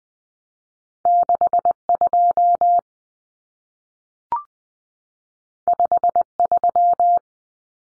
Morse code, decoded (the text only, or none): 62 53